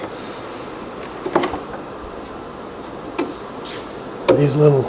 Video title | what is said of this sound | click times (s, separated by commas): 135 Fixing folding Camping Table and Building a new cedar version | I want to lift it up bring it up and you'll hear it click | 1.4 s